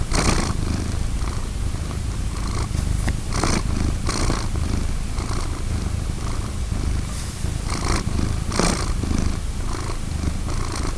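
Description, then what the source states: Cat purring continuously, deep rumbling rising and falling with in and out breaths. Purring domestic cat named Vincent, recorded 19 June 2010.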